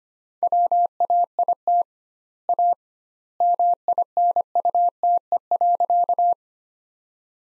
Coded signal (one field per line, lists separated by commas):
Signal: Morse code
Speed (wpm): 25 wpm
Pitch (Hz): 700 Hz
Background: none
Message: WAIT A MINUTE.